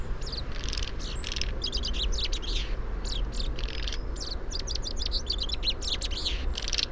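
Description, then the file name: Common chaffinch calls: dense sharp chirps and short buzzy notes, nearly continuous, over a steady low rumble. "Fringilla coelebs"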